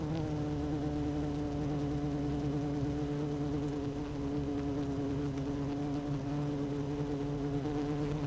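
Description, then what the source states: Honey bees humming as a colony: a continuous buzzing drone with clear stacked tones, constant from start to finish. Queen bee in hive 1, recorded 12 June 2018 at 16:30.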